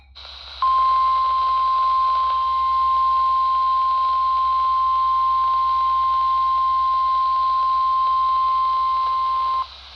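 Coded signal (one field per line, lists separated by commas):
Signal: Emergency Alert System (SAME) tones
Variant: 1050 Hz attention tone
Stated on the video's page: NOAA Weather Radio watch received on 162.500 MHz from a transmitter about 42 miles away, heard on a RadioShack 12-254 weather radio.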